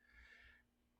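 A plastic turn-signal wiring connector for the turn-signal adapter is handled and pushed toward its mating housing during a Morimoto XB Hybrid LED headlight install on a 2020 Ford F150. A breathy, hissing rush with low thumps near 0.2 and 0.5 seconds fades after about 0.6 seconds into quiet, with a faint rise at the very end. Nothing has seated or clicked yet.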